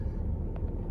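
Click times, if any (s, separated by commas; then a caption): 0.6 s. A Rayfoto 3 Channel 4K dash cam is put back onto its magnetic windshield mount, and the magnet pulls the plastic camera body into place. A short, sharp snap at 0.6 s stands out over a steady low rumble. The camera is seated back on the mount.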